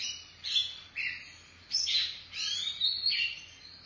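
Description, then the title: Oriental magpie-robin song: varied whistled phrases separated by short pauses, with sweeping and slurred high notes. Chirping song (kicauan) of the bird. "Suara Kicauan Burung Kacer Durasi Panjang"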